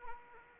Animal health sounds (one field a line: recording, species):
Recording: mosquito wingbeat signal from an infrared sensor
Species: Anopheles arabiensis